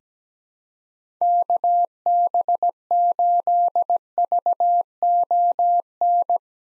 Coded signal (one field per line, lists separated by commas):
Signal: Morse code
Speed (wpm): 17 wpm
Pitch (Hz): 700 Hz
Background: none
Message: KB8VON